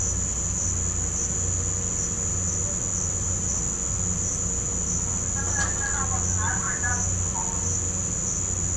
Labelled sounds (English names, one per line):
none